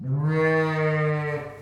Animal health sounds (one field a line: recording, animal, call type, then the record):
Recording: contact call of a hoofed animal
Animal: sheep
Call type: low-frequency (closed-mouth) or high-frequency (open-mouth) call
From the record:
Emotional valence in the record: negative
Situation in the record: short social isolation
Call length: 1.62 s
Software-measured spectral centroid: 1450 Hz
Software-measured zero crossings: 1260 a second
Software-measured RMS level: -24 dBFS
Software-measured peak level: -11 dBFS